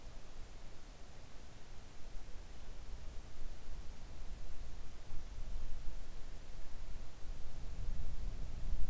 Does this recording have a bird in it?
no